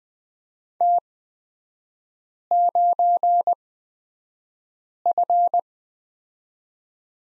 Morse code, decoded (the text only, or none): T9F